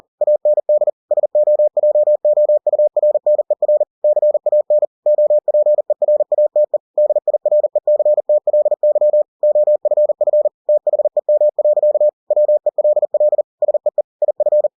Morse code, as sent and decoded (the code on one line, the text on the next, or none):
.- -. -.. / ... --- .--- --- ..- .-. -. . .-. / -.-. .- -. / --- .--. . .-. .- - . / -.. .. .-. . -.-. - .-.. -.-- / --- ..-. ..-. / - .... . -- .-.-.- / .-- . .-.. .-.. / ... . . / .. ..-.
AND SOJOURNER CAN OPERATE DIRECTLY OFF THEM. WELL SEE IF